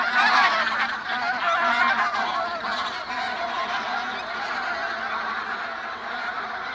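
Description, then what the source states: Bean Goose flock in flight, a continuous indistinct cackling and honking babble, slightly softer toward the end. Flocks in flight give an indistinct cackling or babbling.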